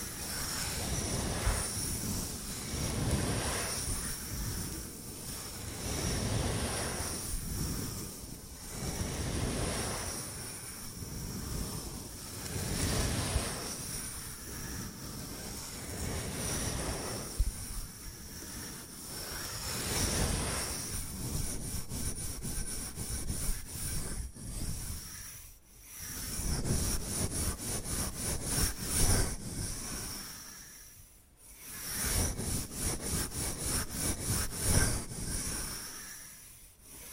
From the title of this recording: Bamboo Tapping, Scratching and Brushing Sounds